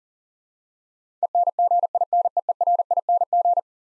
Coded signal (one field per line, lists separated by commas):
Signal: Morse code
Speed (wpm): 40 wpm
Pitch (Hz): 700 Hz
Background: none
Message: ENGINEERING